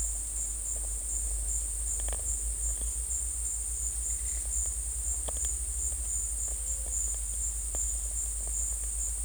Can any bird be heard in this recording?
no